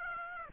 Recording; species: mosquito wingbeat signal from an infrared sensor; Aedes aegypti